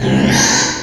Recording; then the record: squeal of a Yucatan mini pig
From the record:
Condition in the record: before surgery on the right vocal fold (resection and tissue-engineered implant); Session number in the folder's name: 2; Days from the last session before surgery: 0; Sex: male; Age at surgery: 12 weeks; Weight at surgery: 13 kg